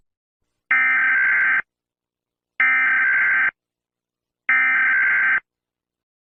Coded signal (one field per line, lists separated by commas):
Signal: Emergency Alert System (SAME) tones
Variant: header bursts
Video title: EAS alarm Turkmenistan 2009 Tajikistan 1999 Bangladesh 1923 Bahamas 1928 USA 1812 Botswana 2000 67